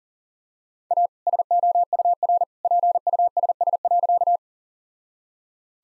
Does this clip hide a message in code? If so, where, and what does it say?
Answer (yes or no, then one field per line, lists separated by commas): yes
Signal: Morse code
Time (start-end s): 0.9-4.4 s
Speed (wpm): 40 wpm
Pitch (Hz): 700 Hz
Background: none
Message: A SOUR PUSS.